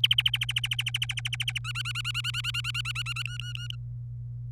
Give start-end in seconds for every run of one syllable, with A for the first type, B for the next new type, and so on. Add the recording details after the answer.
0.04-1.58 A, 1.65-3.23 B, 3.26-3.76 C. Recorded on 26 April 2018 at 15:10. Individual llb3